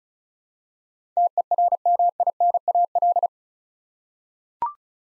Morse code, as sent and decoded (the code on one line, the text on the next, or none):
- . .-. -- .. -. .- .-..
TERMINAL